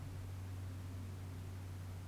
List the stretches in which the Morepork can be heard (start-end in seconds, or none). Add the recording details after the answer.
none. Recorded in New Zealand on 1 June 2017. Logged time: 19:46. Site Taranaki